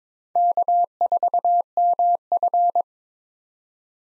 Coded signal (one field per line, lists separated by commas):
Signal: Morse code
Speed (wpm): 22 wpm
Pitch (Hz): 700 Hz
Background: none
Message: K4MF